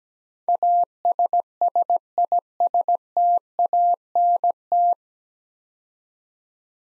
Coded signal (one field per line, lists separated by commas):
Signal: Morse code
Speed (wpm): 17 wpm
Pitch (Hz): 700 Hz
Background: none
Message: ASSISTANT